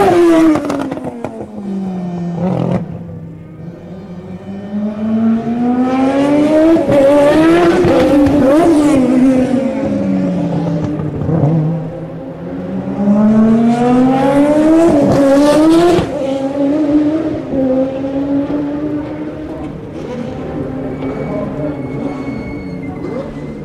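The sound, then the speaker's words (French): A race car during a pit stop, then a fast pass in front of the pits: its high-pitched engine repeatedly revs up and down in sweeping whines, with loud roaring bursts as it speeds by. No voices. “Arrêt au stand, plus passage rapide devant les stands.”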